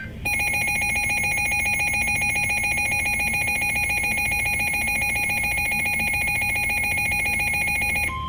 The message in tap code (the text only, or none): none